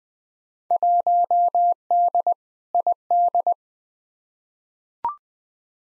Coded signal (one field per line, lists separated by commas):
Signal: Morse code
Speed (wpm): 20 wpm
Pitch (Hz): 700 Hz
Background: none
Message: 1D ID